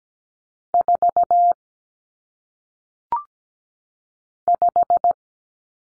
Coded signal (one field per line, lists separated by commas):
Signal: Morse code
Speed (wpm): 17 wpm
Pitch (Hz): 700 Hz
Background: none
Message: 4 5